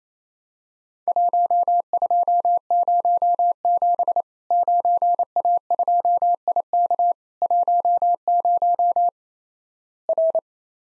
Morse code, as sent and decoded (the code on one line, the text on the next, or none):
.---- ..--- ----- --... / ----. .- ..--- .. -.- / .---- ----- / .-.
1207 9A2IK 10 R